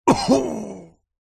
Human male cough causes pain.